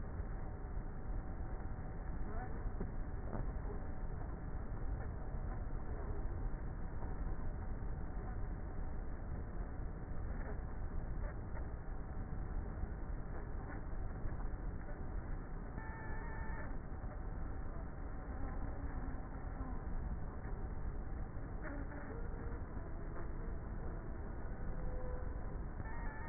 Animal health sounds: honeybee colony, microphone inside the hive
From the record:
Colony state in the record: queenless with a low population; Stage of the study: before two queens were removed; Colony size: about 30,000 bees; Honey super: no

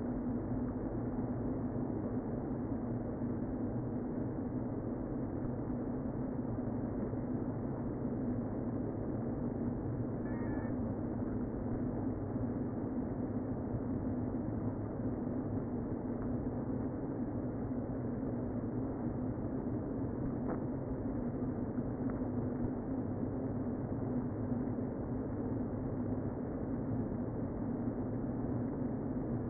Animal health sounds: honeybee colony, microphone inside the hive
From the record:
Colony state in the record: queen present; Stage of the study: before two queens were removed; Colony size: about 60,000 bees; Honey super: yes

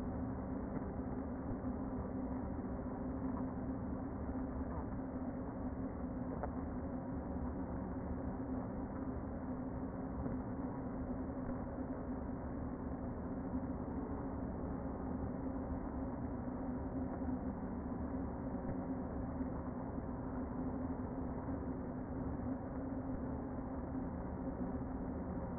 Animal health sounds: honeybee colony, microphone inside the hive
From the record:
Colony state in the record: queen present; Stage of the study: before two queens were removed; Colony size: about 60,000 bees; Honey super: yes

